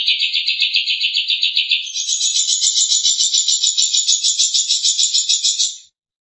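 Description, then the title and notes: Long-tailed Shrike making a continuous rapid rattling trill that steps up to a higher, broader rattle after about two seconds and runs almost six seconds. "Pentet 201703. Suara burung pentet"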